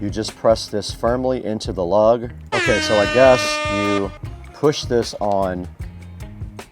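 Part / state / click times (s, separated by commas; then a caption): watch band into smartwatch case lug / seated / 6.6 s. A smartwatch band end, for a Samsung Galaxy Watch Ultra, is pressed firmly into the watch case lug while someone talks over a horn-like tone. The band snaps into place with a sharp click at 6.6 s, seating it in the lug.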